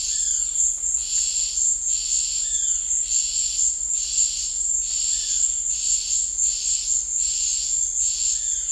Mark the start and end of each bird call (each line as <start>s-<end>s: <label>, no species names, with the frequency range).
0.10s-0.69s: bird call (0.4-5.6 kHz)
2.47s-2.92s: bird call (0.6-6.1 kHz)